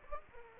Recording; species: mosquito wingbeat signal from an infrared sensor; Aedes aegypti